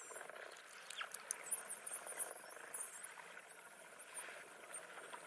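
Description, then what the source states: Dolphin whistles: high squealing sweeps packed together early on, then fainter, mixed with clicks and a constant crackle. Voices with whistles.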